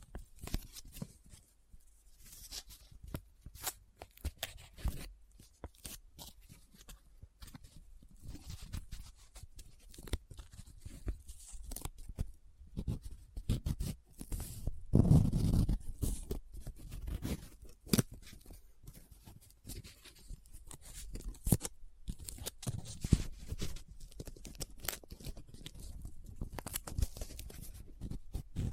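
Paper rustles and crinkles in irregular bursts of sharp crackling clicks, with a heavier scratching, rubbing surge around fifteen seconds.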